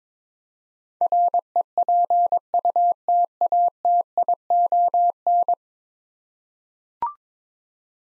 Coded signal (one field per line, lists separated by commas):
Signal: Morse code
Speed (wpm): 21 wpm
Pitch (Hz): 700 Hz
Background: none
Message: REPUTATION